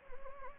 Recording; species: mosquito wingbeat signal from an infrared sensor; Anopheles gambiae